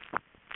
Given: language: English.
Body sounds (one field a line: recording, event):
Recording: throat vibration sensor signal played as sound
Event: swallow